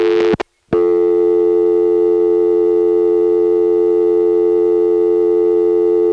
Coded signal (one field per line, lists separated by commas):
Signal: telephone call progress tone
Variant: North America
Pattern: dial tone